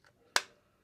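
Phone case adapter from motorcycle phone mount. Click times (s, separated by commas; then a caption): 0.4 s. A phone on its case adapter is released from a magnetic locking motorcycle phone mount by pressing the mount's single release button and pulling the phone off. After a faint soft sound near 0.1 s, one sharp, bright click rings at 0.4 s and quickly decays. The phone is released from the mount.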